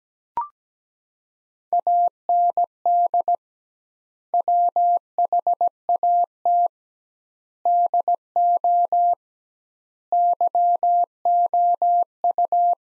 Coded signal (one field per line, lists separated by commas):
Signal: Morse code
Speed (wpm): 17 wpm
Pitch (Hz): 700 Hz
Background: none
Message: AND WHAT DO YOU